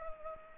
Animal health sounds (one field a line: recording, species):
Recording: mosquito wingbeat signal from an infrared sensor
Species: Culex pipiens